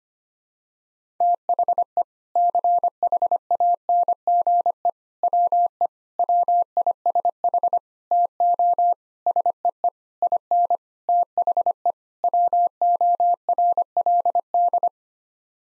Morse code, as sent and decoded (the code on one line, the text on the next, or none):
- .... . / -.-. .... .- -. --. . / .-- . / .-- .. ... .... / - --- / ... . . / .. -. / - .... . / .-- --- .-. .-.. -..
THE CHANGE WE WISH TO SEE IN THE WORLD